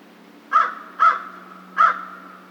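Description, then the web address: American crow giving three hoarse caws, two quick ones followed by a third after a short pause. Recorded 2 March 2010. "Crow 2010 03 02 American Crow 03"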